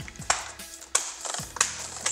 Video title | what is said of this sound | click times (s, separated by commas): Medion Erazer Defender P10 (MSN:30029999) von Innen - RAM, SSD, Akku, Lüfter wechseln | so bis alles richtig eingerastet ist | 0.3 s, 1.0 s, 1.6 s